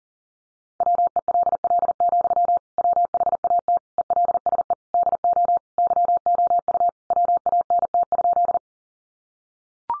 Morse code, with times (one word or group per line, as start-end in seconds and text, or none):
0.8-2.6 WELL,
2.8-3.8 WHAT
4.0-4.7 ELSE
4.9-5.6 DO
5.8-6.9 YOU
7.1-8.6 WANT?